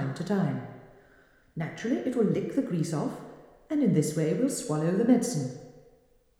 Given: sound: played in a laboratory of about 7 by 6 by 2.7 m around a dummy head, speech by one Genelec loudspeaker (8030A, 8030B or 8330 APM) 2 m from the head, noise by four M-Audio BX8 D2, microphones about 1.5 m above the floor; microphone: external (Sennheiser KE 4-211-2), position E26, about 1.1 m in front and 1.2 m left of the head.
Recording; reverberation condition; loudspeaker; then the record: female speech in English; high; 60 degrees to the left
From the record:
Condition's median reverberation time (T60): about 1300 ms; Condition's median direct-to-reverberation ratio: about -4.0 dB